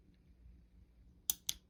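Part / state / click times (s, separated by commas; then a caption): cylinder bolt resetting on hammer cam in revolver frame / seated / 1.3 s, 1.5 s. On a Pietta Colt 1860 Army cap-and-ball revolver, the hammer is lowered from full cock and the steel cylinder bolt slides up and snaps into place on the hammer cam inside the revolver frame. After a quiet stretch, two sharp metallic clicks sound at 1.3 s and 1.5 s. The bolt seats in its reset position, resolving the cylinder lockup timing issue.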